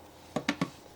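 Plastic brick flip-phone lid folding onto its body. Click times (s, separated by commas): 0.5 s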